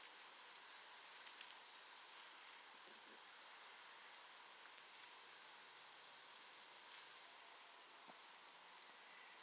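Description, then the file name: European robin calls: four brief, very high thin ticks spaced about two and a half to three and a half seconds apart, with faint background hiss between them. "Erithacus rubecula"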